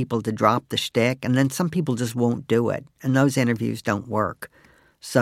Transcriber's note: none